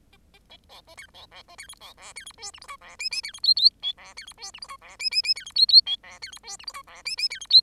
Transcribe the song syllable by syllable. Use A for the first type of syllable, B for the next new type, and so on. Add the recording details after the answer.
A A A B A C B B A C D B E C D F G H I E J J C D K K L E C D F G H I E J J J C D K K L E C D F G H I E J J C D K. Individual Bird10